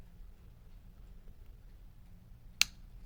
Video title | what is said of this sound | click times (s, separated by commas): Roper Pocket Knife | There, it clicked in. | 2.6 s